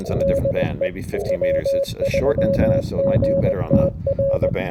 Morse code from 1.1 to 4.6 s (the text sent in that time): W3GTR